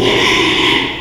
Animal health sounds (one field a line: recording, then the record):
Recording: squeal of a Yucatan mini pig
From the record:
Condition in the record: after surgery on the right vocal fold (resection and tissue-engineered implant)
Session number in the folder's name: 1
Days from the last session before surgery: 6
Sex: male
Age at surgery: 12 weeks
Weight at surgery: 13 kg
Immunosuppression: cyclosporine, prednisolone